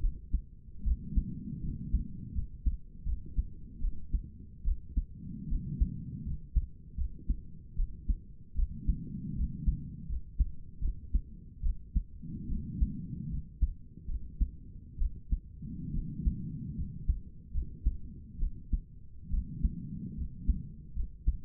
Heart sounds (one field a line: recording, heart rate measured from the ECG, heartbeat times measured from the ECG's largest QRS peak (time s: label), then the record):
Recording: heart sounds by stethoscope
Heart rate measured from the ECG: 74 bpm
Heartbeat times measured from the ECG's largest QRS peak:
0.00 s: heartbeat
0.84 s: heartbeat
1.62 s: heartbeat
2.34 s: heartbeat
3.05 s: heartbeat
3.80 s: heartbeat
4.64 s: heartbeat
5.49 s: heartbeat
6.24 s: heartbeat
6.97 s: heartbeat
7.76 s: heartbeat
8.55 s: heartbeat
9.35 s: heartbeat
10.08 s: heartbeat
10.81 s: heartbeat
11.62 s: heartbeat
12.48 s: heartbeat
13.30 s: heartbeat
14.07 s: heartbeat
14.98 s: heartbeat
15.93 s: heartbeat
16.76 s: heartbeat
17.53 s: heartbeat
18.38 s: heartbeat
19.30 s: heartbeat
20.16 s: heartbeat
20.95 s: heartbeat
From the record:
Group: healthy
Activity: rest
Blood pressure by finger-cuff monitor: 80/53 mmHg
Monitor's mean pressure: 64 mmHg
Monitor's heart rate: 75 bpm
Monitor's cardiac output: 6.1 L/min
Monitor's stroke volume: 81 mL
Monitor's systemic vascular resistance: 730 dyn s/cm5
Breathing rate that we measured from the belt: 17 breaths a minute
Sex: female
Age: 22 years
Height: 163 cm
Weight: 67.1 kg